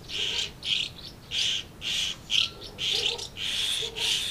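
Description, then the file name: Swallows giving bright chirping twitters in short, repeated bursts. Recorded at Amblagnieu on 2 July 2017 with an MZ-N710 recorder. "MZ-N 710 Hirondelles Amblagnieu 2 07 17"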